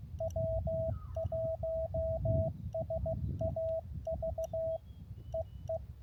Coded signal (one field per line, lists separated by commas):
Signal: Morse code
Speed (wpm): 16 wpm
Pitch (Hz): 650 Hz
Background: radio noise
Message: W1SAV EE